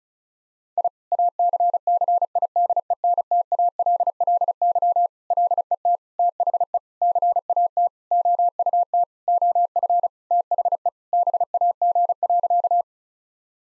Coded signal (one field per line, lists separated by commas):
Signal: Morse code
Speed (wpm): 34 wpm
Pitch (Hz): 700 Hz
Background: none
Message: I ACCIDENTALLY LET THE CAT OUT OF THE BAG.